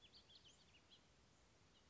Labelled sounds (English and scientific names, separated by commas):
House Finch (Haemorhous mexicanus)